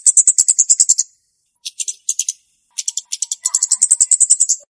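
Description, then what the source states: Flowerpecker (Cabe-cabean): flowerpecker repeating sharp, high ticking notes in fast rattling runs, pausing briefly between series before speeding up again. Calls for luring birds.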